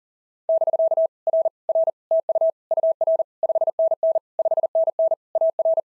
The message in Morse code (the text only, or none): <BK> R R TU UR 5NN 5NN AR